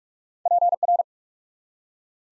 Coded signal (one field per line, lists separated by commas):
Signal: Morse code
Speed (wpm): 44 wpm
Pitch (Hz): 700 Hz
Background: none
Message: PR